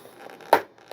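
A fixed landing gear strut is slid into its angled mount in the EPO foam fuselage of an RC jet, with faint rubbing and creaking of plastic against foam. A sharp, loud pop at 0.5 s marks the strut seating in place, followed by a small knock near the end.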